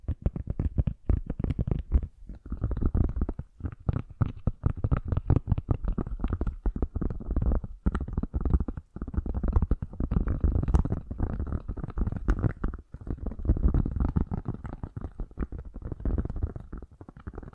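Fast, gentle tapping runs steadily throughout, dense soft taps with a low, muffled body and occasional brief pauses between bursts.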